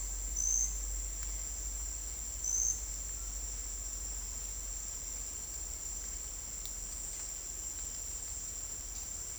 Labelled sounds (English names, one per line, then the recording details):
none
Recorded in dense forest near Puerto Asís, Putumayo, Colombia, on 20 December 2024 at 08:30
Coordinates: 0.485, -76.318
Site GP03